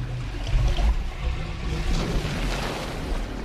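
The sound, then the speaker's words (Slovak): Water drains away in a steady rushing whoosh with a deep, churning rumble underneath, holding at a fairly even level for a few seconds with no voices. “Čo je to za hluk? O nie. To kvôli tebe. Voda začína klesať.”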